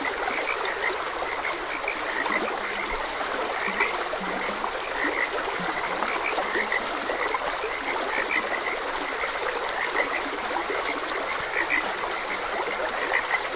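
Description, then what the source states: Many frogs keep up a continuous chorus of short croaking notes, with some lower croaks near the start, over the constant wash of running water. Frogs croaking beside a gentle stream, presented as calming nature sounds.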